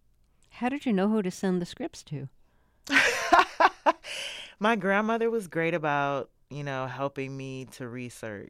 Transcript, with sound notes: How did you know who to send the scripts to?
(Laughter) My grandmother was great about, you know, helping me to research.